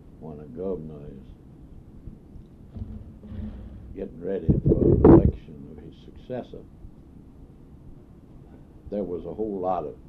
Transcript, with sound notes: when a governor is getting ready [microphone noise] for a selection of his successor, there was a whole lot of